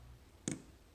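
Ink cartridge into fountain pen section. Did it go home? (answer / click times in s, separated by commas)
yes / 0.5 s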